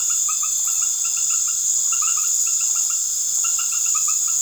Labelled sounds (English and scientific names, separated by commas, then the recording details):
none
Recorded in secondary vegetation near Puerto Asís, Putumayo, Colombia, on 13 March 2025 at 19:30
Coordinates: 0.489, -76.322
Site G042